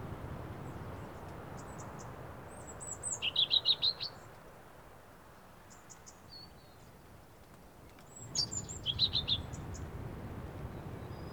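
European robin song in two separate phrases several seconds apart, each a rapid tumble of high, thin, sweet notes and trills, with quiet gaps and a low background hum.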